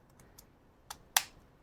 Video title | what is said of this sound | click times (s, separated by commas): Transform Your Headspace with Earth & Moon Grounding Mat | and its special cord that just pops right in and you're ready to go | 1.2 s